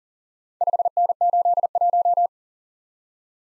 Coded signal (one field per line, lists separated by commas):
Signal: Morse code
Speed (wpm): 44 wpm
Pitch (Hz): 700 Hz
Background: none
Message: 5N81